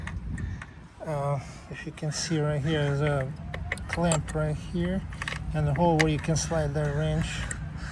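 A blade-change wrench is handled at the clamp and hole on the back of a DEWALT DCS714B 20V MAX XR miter saw, where it slides in and snaps into its storage clip. A few brief handling taps come early, then someone talks throughout. The wrench has not yet clicked or seated in the clip.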